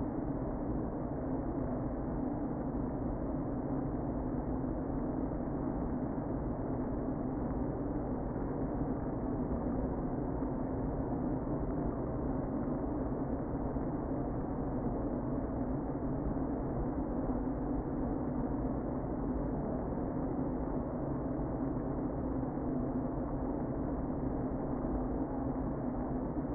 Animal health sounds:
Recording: honeybee colony, microphone inside the hive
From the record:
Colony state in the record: queen present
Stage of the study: before two queens were removed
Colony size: about 60,000 bees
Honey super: yes

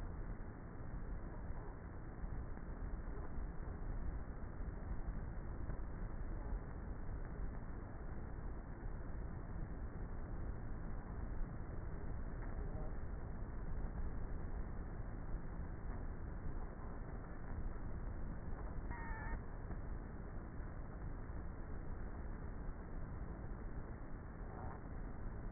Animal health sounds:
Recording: honeybee colony, microphone inside the hive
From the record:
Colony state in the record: queenless with a low population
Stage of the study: before two queens were removed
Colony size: about 30,000 bees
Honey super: no

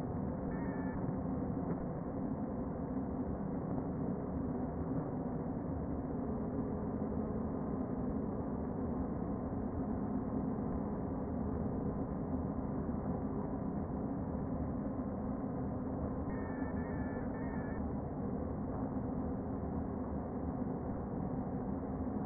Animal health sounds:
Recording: honeybee colony, microphone inside the hive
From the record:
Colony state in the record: queen present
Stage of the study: before two queens were removed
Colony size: about 60,000 bees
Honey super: yes

